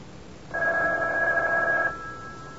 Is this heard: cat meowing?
no